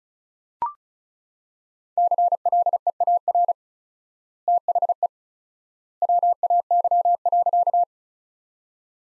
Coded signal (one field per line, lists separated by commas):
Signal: Morse code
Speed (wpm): 36 wpm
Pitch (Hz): 700 Hz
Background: none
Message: CLEAR THE WAY.